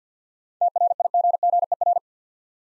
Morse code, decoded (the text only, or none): TRIGGER